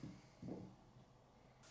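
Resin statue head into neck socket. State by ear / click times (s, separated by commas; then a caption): not seated / none. A resin head from an X-Plus King Ghidorah (1964) statue figure is set onto its neck peg, producing soft, dull low bumps near 0.0 s and 0.4–0.6 s over a faint hiss, then a brief breathy burst near 1.7 s. The head does not click or snap into place; it only rests loosely in the socket, so it will need glue.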